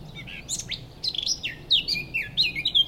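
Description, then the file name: Eurasian blackcap singing a rich, scratchy warble of changing notes that jump between low and high pitches. "Sylvia atricapilla"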